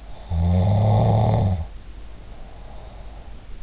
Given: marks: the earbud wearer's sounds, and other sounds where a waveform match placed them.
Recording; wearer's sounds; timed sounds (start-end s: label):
sounds in sleep by an in-ear microphone; snoring breath
0.09-3.47 s: snoring breath